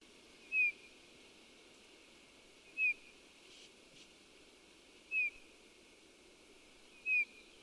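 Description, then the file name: Eurasian bullfinch repeating a soft falling whistle four times at intervals of about two seconds. "Pyrrhula pyrrhula"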